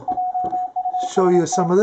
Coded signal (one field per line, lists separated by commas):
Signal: Morse code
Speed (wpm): 26 wpm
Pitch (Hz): 730 Hz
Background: speech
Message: JUST